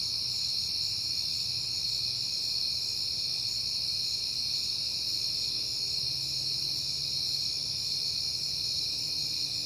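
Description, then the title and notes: Crickets trill in an unbroken high chorus, several layers at once, while a faint low hum swells briefly later on. Crickets at night in September, on a peaceful night. "Night Time: Crickets and Passing Cars. It is September and I have been hearing the crickets a lot, but finally had a peaceful night to make the recording"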